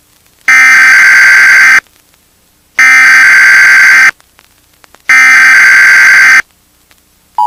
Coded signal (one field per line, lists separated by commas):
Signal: Emergency Alert System (SAME) tones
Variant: header bursts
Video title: (EAS) There are Lemons at The Door